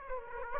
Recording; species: mosquito wingbeat signal from an infrared sensor; Aedes aegypti